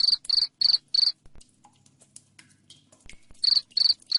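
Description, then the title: Cricket producing shrill, evenly spaced chirp pulses, four at the start and three at the end, with a quiet gap of faint ticks between. Loud cricket chirping ('ngerik') played to make lovebirds sing continuously ('ngekek'). "Suara JANGKRIK NGERIK Keras Bikin LOVEBIRD Jadi NGEKEK Terus Vubey"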